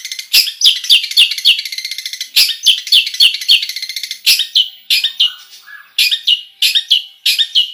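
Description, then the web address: Long-tailed shrike song of rapid chattering bursts and mixed whistled notes, busy at first, then broken into shorter phrases. Full song with imitations, described as gacor. "cendet suara-cendet-gacor-full-isian"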